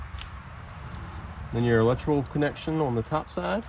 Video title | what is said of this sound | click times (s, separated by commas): Coil Pack Install On Chevy Trucks | going in until it clicks | 0.2 s